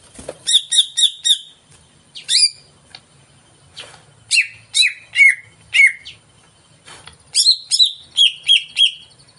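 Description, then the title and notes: Greater green leafbird singing in varied phrases: a quick chirp run, then several downslurred whistled notes, and another chirping run with slurred notes. Played as a lure to prompt a caged cucak ijo to sing before it is hung up; described as gacor, in full song. "Pancingan CUCAK IJO Mau Di Gantang. Cucak Ijo Gacor"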